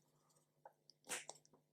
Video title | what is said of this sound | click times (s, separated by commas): Disassembling and cleaning a percussion pistol locking mechanism | yes yes it snapped in place just perfectly | 1.3 s